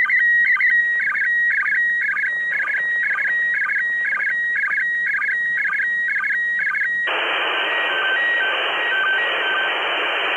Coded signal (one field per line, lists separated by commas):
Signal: SSTV (slow-scan television)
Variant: PD 120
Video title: How to Receive ISS SSTV